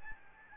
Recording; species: mosquito wingbeat signal from an infrared sensor; Aedes albopictus